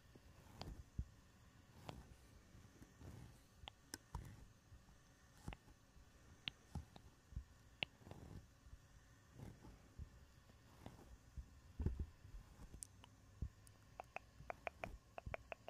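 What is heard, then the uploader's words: A microphone is handled and rubbed, with its covers brushing against it. Soft low rumbling scuffs run throughout, broken by sharp taps every second or so, and near the end a quick burst of light, crisp clicks follows in rapid succession. ASMR mic touching // fuzzy cover, foam cover, bare mic //.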